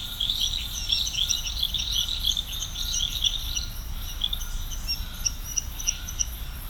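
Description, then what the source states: Frog chorus of many overlapping short, high clicking and chirping notes, dense and continuous throughout, over a faint steady low rumble. Frog chorus recorded at Serrinha do Alambari, Brazil.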